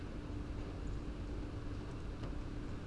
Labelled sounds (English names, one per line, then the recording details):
Song Thrush
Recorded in Germany
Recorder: ecoPi